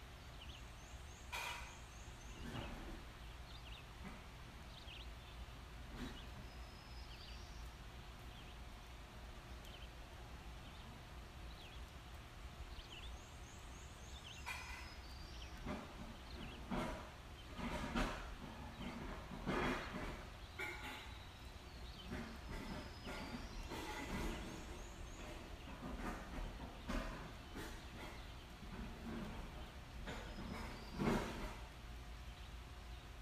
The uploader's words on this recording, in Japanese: カナダはケベック州の森の中にある我が家。ある初夏の朝、何気ない我が家の日常音。何種類もの異なる鳥のさえずり。遠くから聞こえてくる大きなトラックの音。家の中で響く物音。